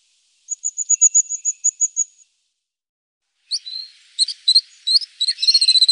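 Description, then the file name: Crested tit calls: a run of high, thin ticking notes, a pause, then a jumble of high chattering notes that speed up toward the end. "Tofsmes"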